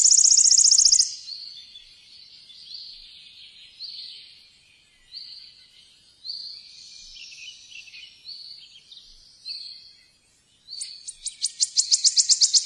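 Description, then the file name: Wood warbler song: a shivering trill fills the first second, then a string of soft piping notes about once a second, and a new ticking trill starts near the end. "boeksanger"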